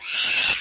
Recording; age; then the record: pig call; piglet (1 to 25 days)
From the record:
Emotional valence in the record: negative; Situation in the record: castration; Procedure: castration, cut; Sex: male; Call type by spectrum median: high-frequency call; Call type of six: high-frequency modulated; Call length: 0.60 s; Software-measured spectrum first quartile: 2934 Hz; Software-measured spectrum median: 4626 Hz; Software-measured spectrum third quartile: 6190 Hz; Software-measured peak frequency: 2619 Hz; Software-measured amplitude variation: 83 dB a second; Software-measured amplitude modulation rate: 20.8 a second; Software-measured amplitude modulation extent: 4.0 dB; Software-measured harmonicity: 0.2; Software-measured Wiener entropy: -1.55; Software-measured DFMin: 852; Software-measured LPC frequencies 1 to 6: 1599, 2667, 5322, 6088, 6925, 7592 Hz